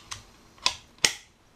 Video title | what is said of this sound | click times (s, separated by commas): [Airsoft Review] AMOEBA AM-009-BK ARES - CG-003-BK [FR] | Hop, ça se clipse. | 1.0 s